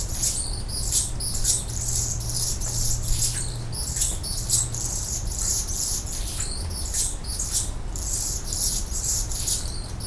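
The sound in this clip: Hummingbird song, a steady run of very high scratchy chips and squeaks pulsing again and again over a low background hum.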